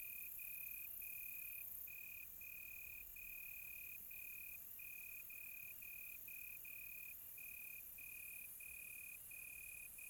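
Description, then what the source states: Cricket chirping in an even sequence of high short trills, steady spacing, with faint high insect buzz in the background. Quiet tropical night.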